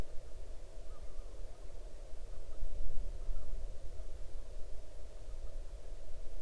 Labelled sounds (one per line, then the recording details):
waterfowl
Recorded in the Arctic National Wildlife Refuge, Alaska, on 8 June 2019 at 00:20
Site 40